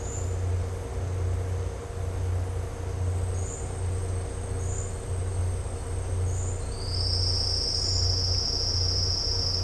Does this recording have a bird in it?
no